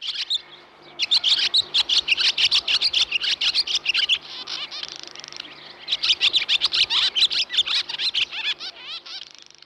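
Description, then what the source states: Barn Swallow song: rapid, high chattering twitters and squeaky notes in two long bursts separated by a short pause. Played back as a guessing quiz; the return of swallows signals that spring has arrived.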